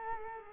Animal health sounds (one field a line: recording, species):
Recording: mosquito wingbeat signal from an infrared sensor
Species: Culex quinquefasciatus